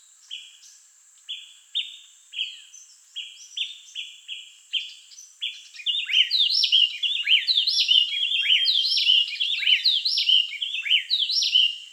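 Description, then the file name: Amazonian grosbeak song: a string of short whistled notes, then a fast tumbling run of bright warbled notes. "Amazonian Grosbeak Cyanoloxia rothschildii"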